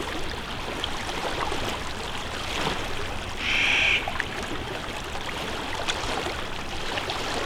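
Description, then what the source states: Crow gives one short rasping caw midway through, heard against continuous splashing waves on a lakeshore. Recorded beside a lake with waves.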